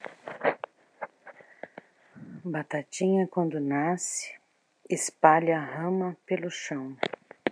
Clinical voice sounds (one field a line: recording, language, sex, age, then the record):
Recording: short text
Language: Brazilian Portuguese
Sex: female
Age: 50 to 59 years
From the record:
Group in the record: control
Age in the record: 57 years